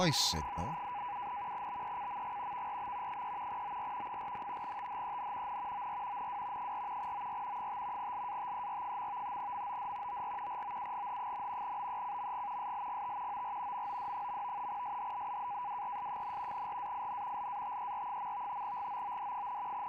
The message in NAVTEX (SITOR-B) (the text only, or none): TO 7, BECMG VRB 3 OR 4, THEN N OR NW 4 OR 5 LATER. MOD OR ROUGH, BECMG SLGT OR MOD. SHWRS, RAIN LATER. GOOD,